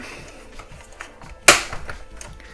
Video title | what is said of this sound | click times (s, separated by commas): Bandai 1/35 UC Hardgraph EFGF M61A5 Main Battle Tank - Part 1 - Assembly | Snaps into place. | 1.5 s